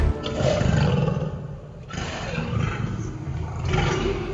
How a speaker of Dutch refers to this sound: Zo moet het hebben geklonken in de 14e eeuw, midden in Den Haag. Een berberleeuw.